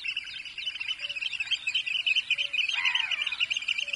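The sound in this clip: Eurasian oystercatcher piping calls, a rapid, shrill, continuous stream of high notes with a brief descending call partway through and soft low tones in the background.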